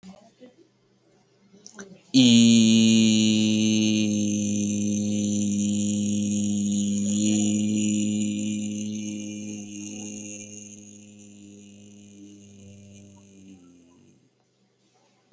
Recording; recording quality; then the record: sustained vowel as in beet; excellent, no background noise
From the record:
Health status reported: healthy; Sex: male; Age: 33 years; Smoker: yes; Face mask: not worn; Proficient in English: yes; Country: India